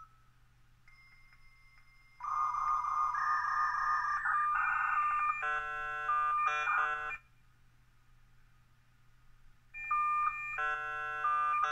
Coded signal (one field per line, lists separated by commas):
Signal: dial-up modem handshake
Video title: U.S Robotics 56K Faxmodem connecting to the internet in 2022